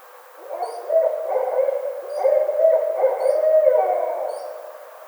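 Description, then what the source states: Barred owl in loud, wild caterwauling with wavering hoots and whooping notes; a few high, thin chirps sound at intervals. Recorded 25 May 2009.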